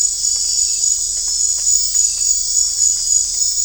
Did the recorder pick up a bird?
no